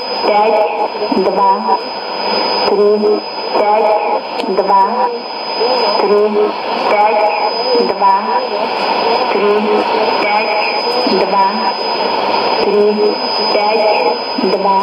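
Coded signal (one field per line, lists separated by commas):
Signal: numbers station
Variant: S06s, Russian female voice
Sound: a woman's voice reading short, evenly spaced words over shortwave radio hiss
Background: radio static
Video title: 10 10 2017 Numbers station S06s Russian Lady in Russian to Eu 0800 on 11635 unknown tx site in CUSB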